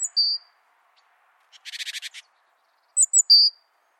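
Bird giving high thin chirps, then a short buzzy trill of rapid pulses, followed by a pair of sharp high notes and one longer clear chirp.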